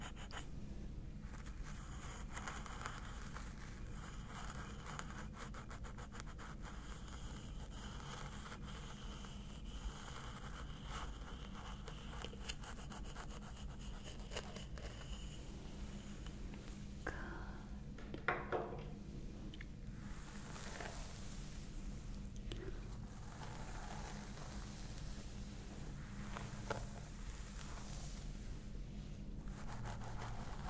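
Scalp massage with a steady low hum running underneath the whole time. Soft, irregular scratching and rustling comes and goes, turning into brighter, hissy strokes after about seventeen seconds, with a few louder bursts near twenty and twenty-eight seconds.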